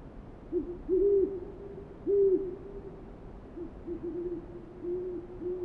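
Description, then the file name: Owl hoots, low and hollow: a few louder rounded notes around one and two seconds, followed by fainter hoots at a steady pitch. Several owls recorded on 28 February 2009. "090228-0405 owls"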